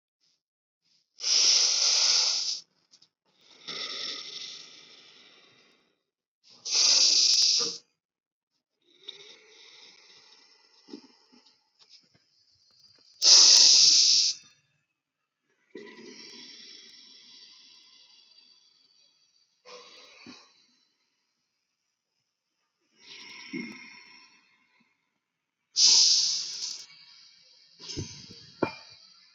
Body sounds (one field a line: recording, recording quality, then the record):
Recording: deep breathing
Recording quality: excellent, no background noise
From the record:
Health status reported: COVID-19 positive, mild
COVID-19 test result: positive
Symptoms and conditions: cold, fever, fatigue, muscle pain, loss of smell and taste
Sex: female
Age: 22 years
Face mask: not worn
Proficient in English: yes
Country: India